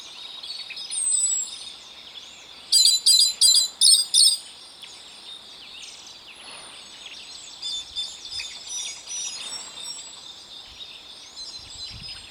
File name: canto do sabia ferreiro